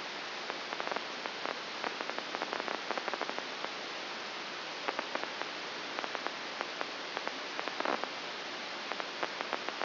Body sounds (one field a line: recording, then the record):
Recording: brain microelectrode recording played as sound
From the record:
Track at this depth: outside the subthalamic nucleus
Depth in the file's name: 6.801 mm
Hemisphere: right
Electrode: 2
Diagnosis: Parkinson's disease